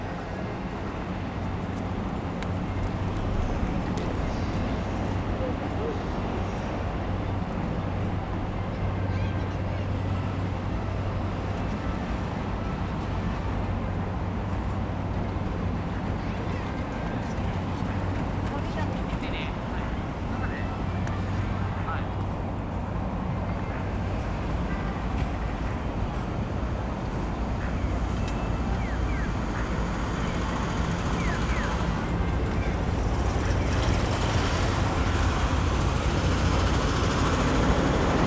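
A field recording at Takanawa Gateway Station in Tokyo: a steady, dense rumble of vehicles and machinery with a low, constant hum underneath. Faint voices and brief bright clicks surface now and then, and the sound swells slightly louder over the last ten seconds.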